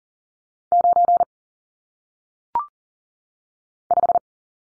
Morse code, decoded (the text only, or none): 9 5